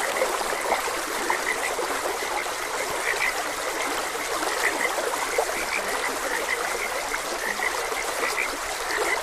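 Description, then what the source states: Frogs giving short, bright croaks, scattered and repeated irregularly throughout over a steady rushing stream. Frogs croaking beside a gentle stream.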